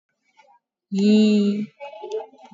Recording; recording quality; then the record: sustained vowel as in beet; excellent, no background noise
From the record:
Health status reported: exposed to COVID-19, no respiratory illness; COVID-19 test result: negative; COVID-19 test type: RT-PCR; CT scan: taken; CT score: 8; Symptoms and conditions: cough, cold, breathing difficulty, sore throat, fatigue, loss of smell and taste, diarrhoea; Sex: female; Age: 38 years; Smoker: no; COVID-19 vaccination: none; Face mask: worn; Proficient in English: yes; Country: India